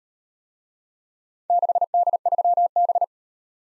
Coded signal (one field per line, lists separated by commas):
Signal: Morse code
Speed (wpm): 37 wpm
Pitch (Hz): 700 Hz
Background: none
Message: 6D3B